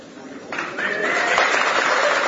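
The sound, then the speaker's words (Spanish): An audience breaks into applause that swells after a brief quieter start, then holds as a dense, steady wash of clapping to the end. “Mi idea era no cosechar aplausos sino silbidos, entonces me equivoqué, pero bien.”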